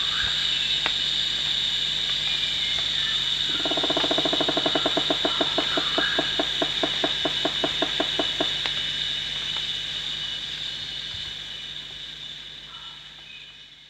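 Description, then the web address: Rufous woodpecker series of clipped, rapidly repeated notes lasting about five seconds midway, set against a continuous shrill insect chorus. Recorded at Danum on 1 January 2008. "DANUM 20080101. rufous woodpecker"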